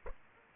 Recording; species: mosquito wingbeat signal from an infrared sensor; Aedes aegypti